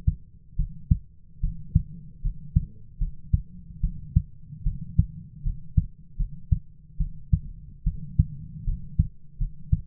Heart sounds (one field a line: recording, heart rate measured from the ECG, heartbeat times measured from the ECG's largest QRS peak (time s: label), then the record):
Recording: heart sounds by stethoscope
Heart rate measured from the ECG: 75 bpm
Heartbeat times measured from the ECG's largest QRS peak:
0.57 s: heartbeat
1.41 s: heartbeat
2.22 s: heartbeat
2.99 s: heartbeat
3.81 s: heartbeat
4.64 s: heartbeat
5.43 s: heartbeat
6.17 s: heartbeat
6.98 s: heartbeat
7.84 s: heartbeat
8.65 s: heartbeat
9.38 s: heartbeat
From the record:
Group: healthy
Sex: female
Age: 22 years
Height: 161 cm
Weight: 65.5 kg